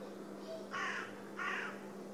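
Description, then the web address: Bird giving two harsh, hoarse caw-like calls about half a second apart, over a steady low hum and background hiss. "Bird Only"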